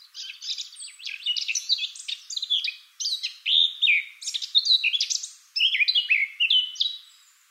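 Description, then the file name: Eurasian blackcap song, a long, tumbling warble of rapid chirps and clear whistles in a few linked phrases with brief pauses. "Sylvia atricapilla"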